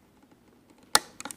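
The locking bar on a Ford instrument cluster's ribbon cable connector, which holds the flat ribbon cable for the odometer, is pushed closed to lock the ribbon back in place. After a few faint ticks, a sharp, bright snap sounds at 1.0 s, followed by three quieter clicks around 1.2–1.3 s. The connector lock is confirmed closed and the ribbon is seated.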